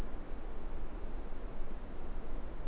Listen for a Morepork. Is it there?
no